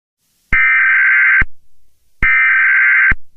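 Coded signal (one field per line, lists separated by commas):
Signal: Emergency Alert System (SAME) tones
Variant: header bursts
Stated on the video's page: Fictional animated comedy short, not a real alert.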